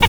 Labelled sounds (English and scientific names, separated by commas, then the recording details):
Zebra Finch (Taeniopygia guttata) hat call
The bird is a male
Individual mal11